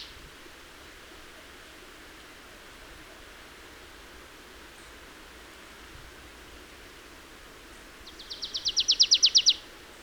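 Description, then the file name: Marsh tit calls: after a long quiet stretch of faint hiss, a quick burst of high, downward-sweeping notes swells and ends sharply near the close. "Poecile palustris"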